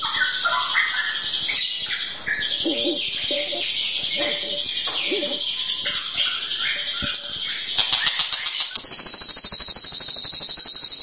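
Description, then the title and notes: Bird singing a varied song of whistles, chirps and slurred notes, switching near the end to rapid buzzy notes under a high steady tone. "Bird Sound. Kicau Burung Lengkap"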